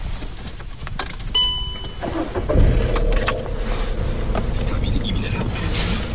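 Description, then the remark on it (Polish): Keys jingle and a short electronic chime sounds, then a car engine is started during a driving lesson, cranking to life around the midpoint and settling into a steady, low rumbling idle that carries on to the end. “Dobrze, ruszamy.”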